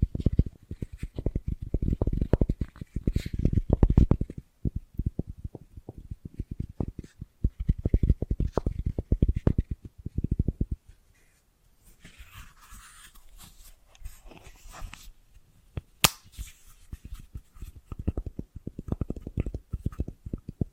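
Bracelets and jewelry boxes being handled, with dense bursts of quick clicks and rattles from the start to about 11 seconds. A quieter stretch follows with soft rustling and a sharp tick near 16 seconds, then the clicking rattles resume toward the end.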